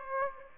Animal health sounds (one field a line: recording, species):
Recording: mosquito wingbeat signal from an infrared sensor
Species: Aedes aegypti